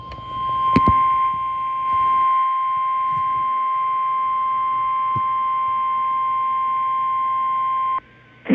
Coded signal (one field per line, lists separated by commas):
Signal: Emergency Alert System (SAME) tones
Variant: 1050 Hz attention tone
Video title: idk anymore: EAS#317-351 (EAS Alerts from 5/29-5/30)